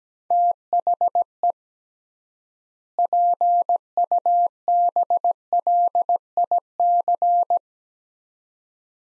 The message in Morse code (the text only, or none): THE PUBLIC